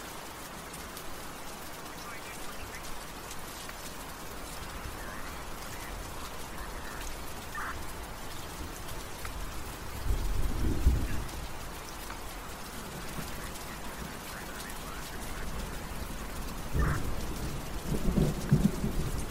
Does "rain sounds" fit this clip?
yes